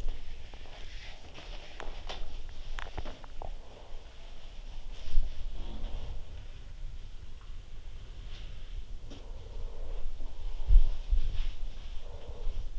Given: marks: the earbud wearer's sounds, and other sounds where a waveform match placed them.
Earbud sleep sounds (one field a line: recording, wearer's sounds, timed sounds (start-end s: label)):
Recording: sounds in sleep by an in-ear microphone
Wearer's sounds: body movement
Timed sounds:
0.00-12.79 s: body movement